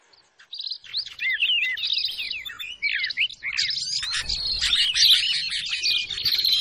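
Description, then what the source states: Bar-winged prinia giving rapid, scratchy high chirps and twitters in a dense, excited stream, with some low background noise. Lure recording used to attract wild birds; noisy, excited call style; locally called ciblek.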